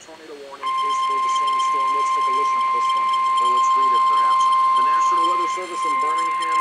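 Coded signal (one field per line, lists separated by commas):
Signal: Emergency Alert System (SAME) tones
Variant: 1050 Hz attention tone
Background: speech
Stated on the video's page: Confirmed tornado warning on NOAA weather radio station at 162.550 MHz, Birmingham AL, for Coosa and Talladega counties.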